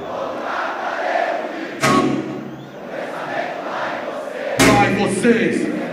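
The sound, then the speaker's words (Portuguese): A large crowd at a live rap concert in 2006 sings along together in a loud, continuous wash of many voices, punctuated by two sharp thumping hits a few seconds apart. “Eu quero ouvir só vocês.”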